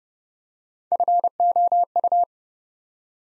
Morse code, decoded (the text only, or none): FOU